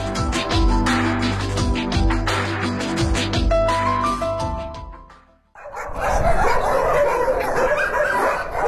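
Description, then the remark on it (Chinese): A short stretch of music fades out, then a loud, chaotic chorus of many dogs at a stray cat and dog shelter and adoption base in a village in Shunyi, Beijing, erupts, barking and yapping over one another in a continuous overlapping din. “听这声音大家就能分辨出来，这店养了很多狗。”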